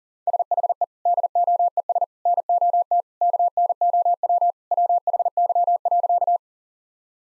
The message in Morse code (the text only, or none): SHE DOES NOT KNOW WHY.